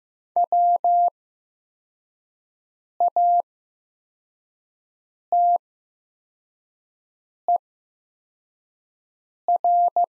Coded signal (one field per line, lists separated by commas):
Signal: Morse code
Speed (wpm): 15 wpm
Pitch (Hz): 700 Hz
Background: none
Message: WATER